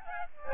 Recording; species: mosquito wingbeat signal from an infrared sensor; Aedes albopictus